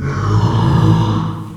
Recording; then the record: squeal of a Yucatan mini pig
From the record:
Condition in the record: after surgery on the right vocal fold (resection and tissue-engineered implant); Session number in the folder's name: 15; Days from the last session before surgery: 175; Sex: female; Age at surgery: 19 weeks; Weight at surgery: 25 kg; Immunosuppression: prednisolone